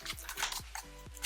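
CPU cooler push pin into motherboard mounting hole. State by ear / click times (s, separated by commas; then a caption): not seated / none. Hands press on the plastic push pins of a CPU cooler to lock them through the motherboard mounting holes, with soft rubbing and scraping handling noises over a steady low hum and brief taps near 0.3 s and 0.8 s. The clip ends before the pins go home, so nothing has seated or clicked yet.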